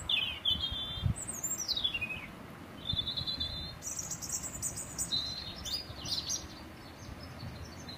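Birds calling: high whistled notes sweeping downward, a steady mid-pitched whistle, then scattered sharp chirps and twitters overlapping, over a low background rumble.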